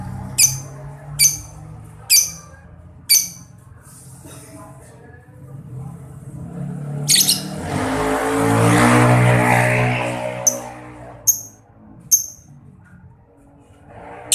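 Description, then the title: Lovebird giving sharp, high chirps, with a loud rushing noise swelling midway and a low hum underneath. Training (masteran) recording for lovebirds called 'labet', meant to make them quickly develop the long 'ngekek' song style. "Kicau Lovebird SUPER GILA !!! Terapi Masteran LABET Terbaik Agar Labet Cepet NGEKEK PANJANG"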